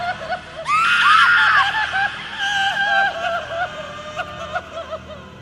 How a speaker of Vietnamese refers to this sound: Chỉ nghe tiếng quỷ âm trong bụng mụ ta vang lên thề thiết như nghìn vạn con quỷ đang gào khóc.